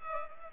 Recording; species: mosquito wingbeat signal from an infrared sensor; Culex pipiens